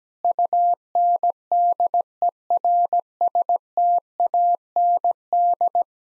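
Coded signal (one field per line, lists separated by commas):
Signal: Morse code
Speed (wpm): 17 wpm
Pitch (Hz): 700 Hz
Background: none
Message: UNDERSTAND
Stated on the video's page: Morse practice sentences of common nine-word phrases at 17wpm for head-copy drill, each sent twice.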